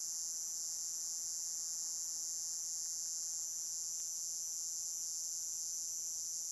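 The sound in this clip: Cicada buzzing, an even, high, hissing drone sustained from start to finish with no pauses.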